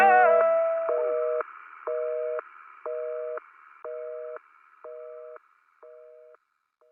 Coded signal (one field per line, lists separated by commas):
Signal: telephone call progress tone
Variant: North America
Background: music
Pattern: busy tone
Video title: Dial Tone Gcmv